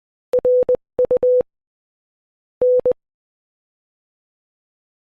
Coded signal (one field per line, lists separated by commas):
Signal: Morse code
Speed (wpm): 20 wpm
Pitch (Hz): 500 Hz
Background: none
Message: RU N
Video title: Exposing morse code from a video (Part 1)